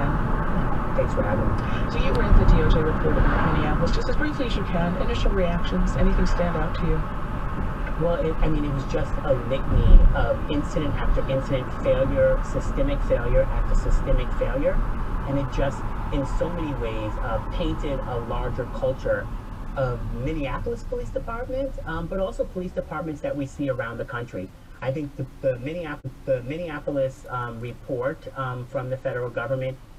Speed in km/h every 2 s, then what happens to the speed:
55, 56, 56, 56, 56, 53, 48, 44, 34, 24, 10, 0, 0, 0, 0.
0-8 steady at about 56. 8-21 brakes to 0. 21-30 standing.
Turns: none.